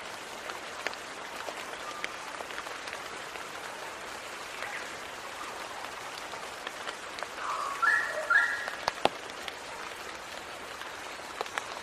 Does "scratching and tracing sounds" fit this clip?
no